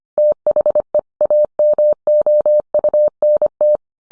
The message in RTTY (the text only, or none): none